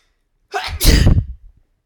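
A single adult sneeze: a short breathy intake, then one explosive burst that dies away within about a second, against a quiet background.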